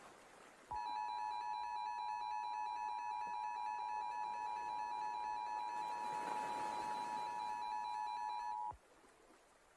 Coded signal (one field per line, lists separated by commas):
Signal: Emergency Alert System (SAME) tones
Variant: 853 and 960 Hz attention tone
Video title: THE FAIR-WEATHER ACCIDENT (EAS Mini Scenario)